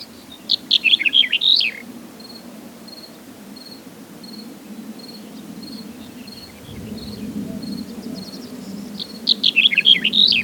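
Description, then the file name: Black-headed bunting song, a short jangling phrase of descending notes, heard at the start and again at the end, with a steady insect-like ticking tone between. "Black headed Bunting Emberiza melanocephala"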